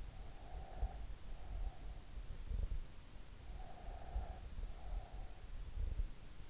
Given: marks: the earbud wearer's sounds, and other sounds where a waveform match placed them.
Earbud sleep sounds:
sounds in sleep by an in-ear microphone; breath
0.34-2.33 s: breath
3.49-5.85 s: breath

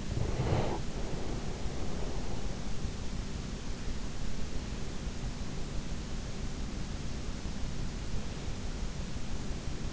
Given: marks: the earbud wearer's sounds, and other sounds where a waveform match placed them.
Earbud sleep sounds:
sounds in sleep by an in-ear microphone; breath
0.00-2.36 s: breath

